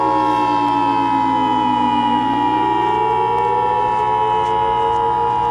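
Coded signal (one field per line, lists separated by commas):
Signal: Emergency Alert System (SAME) tones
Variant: 853 and 960 Hz attention tone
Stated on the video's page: Mock EAS alert, simulated and quickly made.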